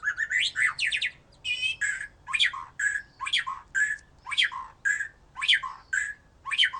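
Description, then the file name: White-rumped shama repeating many loud phrases, each a sharp descending note with buzzy sweeps, plus a short rattling trill early on. "murai batu"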